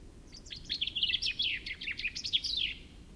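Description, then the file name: Chaffinch singing a rapid, rattling series of high chirps that tumbles downward over about two seconds and finishes with a brief flourish, with faint background hum. "Fringilla coelebs"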